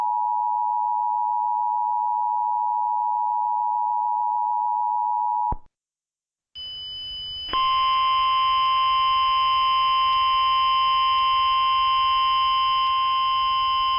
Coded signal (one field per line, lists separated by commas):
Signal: Emergency Alert System (SAME) tones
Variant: 853 and 960 Hz attention tone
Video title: EAS Tornado warning OK